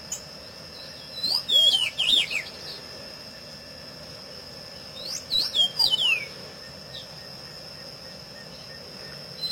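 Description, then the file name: Pedro-ceroulo singing two short, rapid phrases of looping whistles about four seconds apart, with a constant thin high hum throughout. "Canto do pedro ceroulo"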